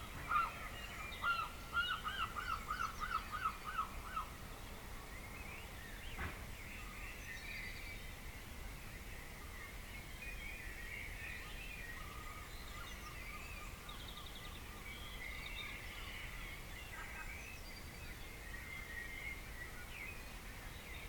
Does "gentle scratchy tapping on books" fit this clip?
no